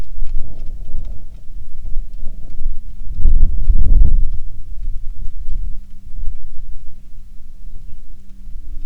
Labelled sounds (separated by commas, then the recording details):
bird, wind, rain
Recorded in the Prudhoe Bay oil fields, Alaska, on 27 July 2019 at 18:29
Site 19